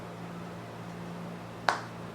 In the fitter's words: this very satisfying click and right